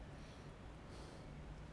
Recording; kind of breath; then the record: one breath in and out by a microphone near the nose and mouth; normal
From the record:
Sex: male